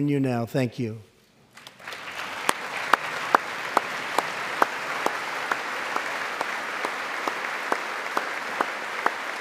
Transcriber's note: applause